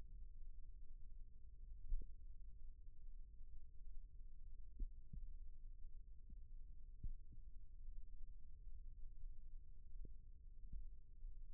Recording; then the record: forearm muscle sounds (acoustic myography)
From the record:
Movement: rest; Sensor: system 1, eight BSWA MPA416 microphones around the upper forearm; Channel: 8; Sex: male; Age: 28 years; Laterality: right